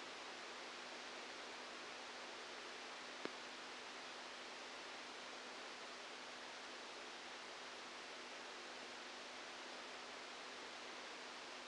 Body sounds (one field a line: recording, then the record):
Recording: brain microelectrode recording played as sound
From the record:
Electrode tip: outside the subthalamic nucleus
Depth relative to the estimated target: -8 mm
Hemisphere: left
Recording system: NeuroSet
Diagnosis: Parkinson's disease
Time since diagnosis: 12 years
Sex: male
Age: 61 years